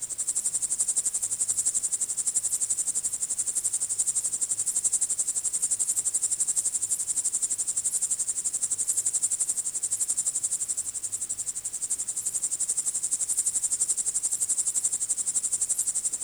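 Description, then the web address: Cicadas in a continuous high, shrill buzzing chorus with a fast, even pulse, holding steady throughout with no other clear sounds. "ambience cicadas"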